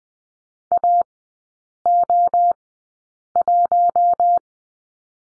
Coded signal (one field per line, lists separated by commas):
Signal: Morse code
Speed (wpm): 20 wpm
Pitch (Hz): 700 Hz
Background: none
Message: AO1